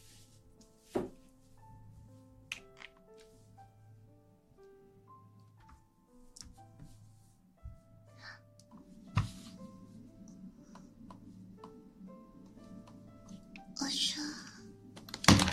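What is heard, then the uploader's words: Ear cleaning and ear massage sounds: soft low rubbing with occasional sharp clicks and taps, near 1, 2.5, 7.5 and 9 seconds. A faint tonal hum steps between pitches underneath. The rubbing thickens after 9 seconds, and a bright scratchy rustle rises around 14 seconds before a loud tap at the end. ASMR Ear cleaning & Ear massage.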